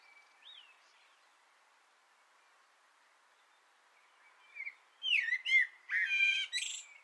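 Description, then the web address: Common blackbird: a lone whistle, a long pause, then a lively sequence of fluted notes and harsh high twitters. Singing from an antenna, recorded 6 June 2025. "sammel Naturinspelningar Koltrast på antennen 2025 06 06"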